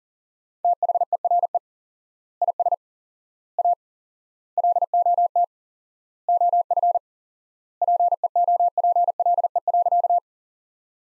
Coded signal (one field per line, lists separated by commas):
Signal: Morse code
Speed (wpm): 40 wpm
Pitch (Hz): 700 Hz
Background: none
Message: THERE IS A LOT OF PEOPLE.